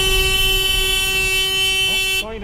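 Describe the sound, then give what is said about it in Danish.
A car horn blares in one long, steady, loud honk lasting about two seconds before cutting off abruptly, honked at a driver about to run a red light at a pedestrian crossing, with a low traffic rumble underneath and a brief voice just after. “Nej, der var faktisk en, der var ved at køre over for rødt. Men blev dyttet af, så nu holder han tilbage for rødt.”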